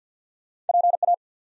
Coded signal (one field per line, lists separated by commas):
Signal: Morse code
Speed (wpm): 50 wpm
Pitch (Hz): 700 Hz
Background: none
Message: PA